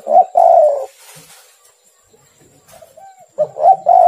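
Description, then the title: Spotted dove cooing: a coo phrase ending in a longer rolling note, a pause, then another coo phrase beginning; a faint steady high whine runs underneath. "Tekukur"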